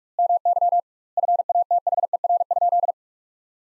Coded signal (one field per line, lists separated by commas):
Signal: Morse code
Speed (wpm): 46 wpm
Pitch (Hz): 700 Hz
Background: none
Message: MY FATHER?